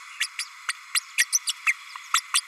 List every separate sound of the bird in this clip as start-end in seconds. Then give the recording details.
0.20-0.28, 0.38-0.44, 0.68-0.72, 0.94-1.00, 1.18-1.25, 1.32-1.39, 1.47-1.52, 1.66-1.73, 2.13-2.21, 2.33-2.41. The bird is a female. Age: 32 days. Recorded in a nest box in Venezuela. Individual 17B32A5